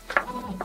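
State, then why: Seated. A power connector or cable fitting is pushed by hand into the wiring or enclosure of an LDO Milo V1.5 mill while its power is being wired on the worktable. A soft tick is followed by a single sharp click at 0.2 s, and another faint tick comes near the end. The connector seats and clicks into place.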